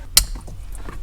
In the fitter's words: that was the clip that controlled all of our buttons so those are clipped in